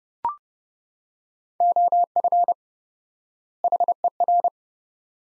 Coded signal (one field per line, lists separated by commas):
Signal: Morse code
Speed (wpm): 31 wpm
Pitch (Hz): 700 Hz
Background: none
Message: OF HER